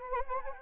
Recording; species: mosquito wingbeat signal from an infrared sensor; Anopheles arabiensis